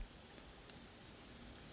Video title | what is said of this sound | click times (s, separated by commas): Working on putting together the 1987 KE100 | See this groove? It slides right down the groove, locks into place. | 0.2 s, 0.7 s